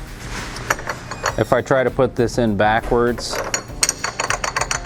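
A replacement cutting blade is pushed backwards into a pipe cutter's holder while someone talks, with knocking and clacking hits around 0.7–1.3 s and again from 3.8 to 4.7 s. Because its off-centre mounting holes only let it fit one way, the blade does not go all the way in, and nothing locks or clicks into place.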